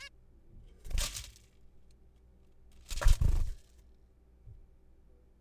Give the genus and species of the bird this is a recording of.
Taeniopygia guttata